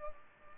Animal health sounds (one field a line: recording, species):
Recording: mosquito wingbeat signal from an infrared sensor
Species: Culex pipiens